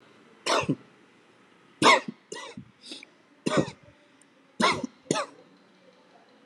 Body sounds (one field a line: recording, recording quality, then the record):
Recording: heavy voluntary cough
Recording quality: excellent, no background noise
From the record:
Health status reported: COVID-19 positive, moderate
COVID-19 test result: positive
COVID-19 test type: RT-PCR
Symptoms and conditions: cough, cold, loss of smell and taste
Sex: male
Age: 28 years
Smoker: no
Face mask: not worn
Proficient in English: yes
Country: India